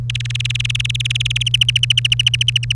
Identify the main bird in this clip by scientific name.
Serinus canaria